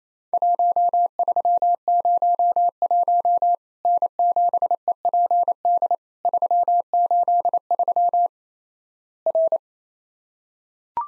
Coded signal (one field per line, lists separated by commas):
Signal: Morse code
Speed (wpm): 28 wpm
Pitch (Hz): 700 Hz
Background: none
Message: 1301 N7EPD 383 R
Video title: Worked All Europe DX Contest QTC Exchange with Repeats 28wpm